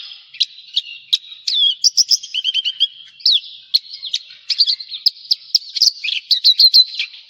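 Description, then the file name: Javan bush lark song of spaced sharp chips, a quick rattling trill and slurred whistles, becoming denser toward the end. "suara burung branjangan jawa"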